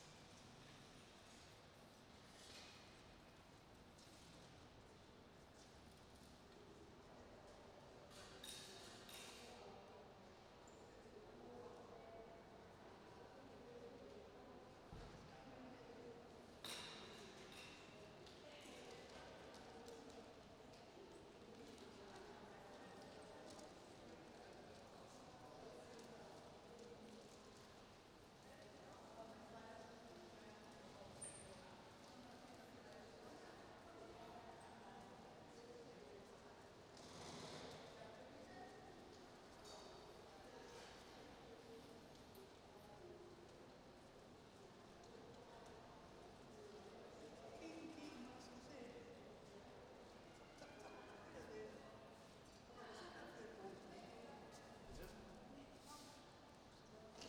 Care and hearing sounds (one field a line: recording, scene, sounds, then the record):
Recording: everyday scene through a hearing-aid microphone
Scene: reverberant space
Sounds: background noise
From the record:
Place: railway station hall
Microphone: in the ear canal, right